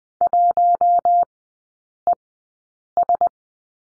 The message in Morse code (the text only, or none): 1ES